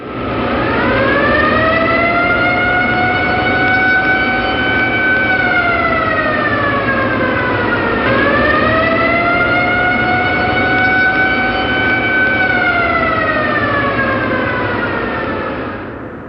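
A loud air raid siren warning of an aircraft attack wails on its own from deep inside an air-raid shelter tunnel, its mournful tone slowly rising, holding steady, then sinking, repeating in two long sweeping cycles.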